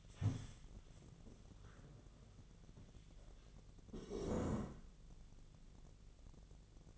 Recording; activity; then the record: daily activity, microphone in the room; stand up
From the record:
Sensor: 4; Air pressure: 1001.2 hPa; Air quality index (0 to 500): 182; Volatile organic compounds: 2 ppm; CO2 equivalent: 1303 ppm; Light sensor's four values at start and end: 15/34/14/14 and 15/34/14/14